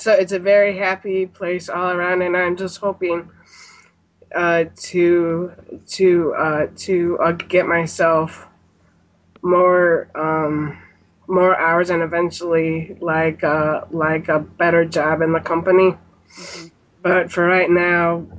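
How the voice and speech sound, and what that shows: Adult woman speaking with a stutter that began at age 5, after fluent speech from age 2; she also has a cognitive disability that slows her processing. Her speech is broken by repeated drawn-out attempts at a short word, a stretched sound with a filler, and long silent pauses between phrases.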